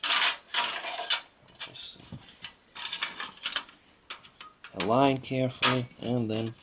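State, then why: Not seated. A metal motherboard I/O shield (backplate) is placed and lined up in the rear opening of a desktop computer case before being pushed home, making light metallic taps and rattles, and someone talks near the end. Nothing has snapped or seated yet.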